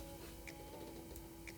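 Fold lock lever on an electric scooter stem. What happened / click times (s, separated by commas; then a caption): Handled, not yet home: folding lever not locked yet / none. The metal fold lock lever on the stem of a Navee N65 electric scooter is handled after the stem has been unfolded, with a steady low hum and a few faint, brief ticks near 0.5, 1.2 and 1.5 seconds. Nothing has seated or clicked yet; the lever is not yet locked home.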